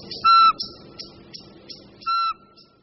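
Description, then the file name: Eurasian pygmy owl call: two clear, even whistled notes about two seconds apart, with faint chirping birds in the background. "Kulíšek-nejmenší"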